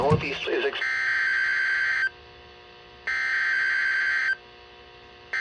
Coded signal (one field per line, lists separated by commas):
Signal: Emergency Alert System (SAME) tones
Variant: header bursts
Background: speech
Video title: Franktown CO, NOAA Weather Radio - EAS #11-20 Compilation (SVA, SVRs, and FFW) - August 26th, 2026